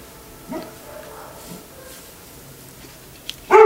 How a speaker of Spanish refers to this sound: Y seguimos por acá. Mientras el perrito ladra. Parece que lo tengo aquí en corto, ¿no? Como si estuviera aquí a mi lado, acompañándome en la transmisión.